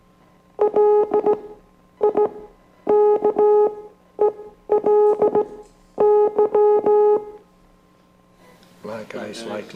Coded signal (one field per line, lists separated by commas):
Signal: Morse code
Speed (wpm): 15 wpm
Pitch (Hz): 420 Hz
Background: speech, music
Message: LIKELY